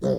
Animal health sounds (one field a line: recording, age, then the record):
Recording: pig call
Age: piglet (1 to 25 days)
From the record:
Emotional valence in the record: negative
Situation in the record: long isolation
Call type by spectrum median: low-frequency call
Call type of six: low-frequency tonal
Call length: 0.20 s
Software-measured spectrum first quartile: 204 Hz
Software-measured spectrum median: 389 Hz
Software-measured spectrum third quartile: 540 Hz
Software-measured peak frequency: 527 Hz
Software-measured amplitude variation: 111 dB a second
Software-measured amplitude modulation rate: 17.8 a second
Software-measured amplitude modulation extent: 6.2 dB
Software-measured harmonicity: 1.2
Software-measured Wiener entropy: -0.50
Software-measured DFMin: 1524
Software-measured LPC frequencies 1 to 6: 511, 1644, 3377, 3760, 4714, 5087 Hz